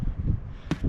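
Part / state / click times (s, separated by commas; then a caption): pull-up ski tow bar into its flush deck mount / seated / 0.7 s. A pull-up ski tow bar on the transom of a 2008 Cobalt 272 Bowrider is pushed back down into its flush deck mount. Over a low, breezy outdoor rumble, a short, sharp hit rings out at 0.7 s. The bar seats there, stowed flush.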